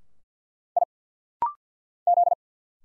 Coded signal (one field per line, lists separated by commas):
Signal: Morse code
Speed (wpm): 46 wpm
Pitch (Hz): 700 Hz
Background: none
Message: I Z